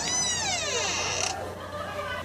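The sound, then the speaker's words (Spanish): A bar door creaks open with a long, squealing groan that wavers and slides downward in pitch for just over a second, then fades into a low steady hum. “La puerta del bar de Yacino Va.”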